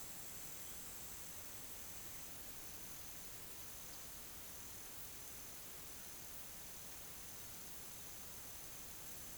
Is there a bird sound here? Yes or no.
no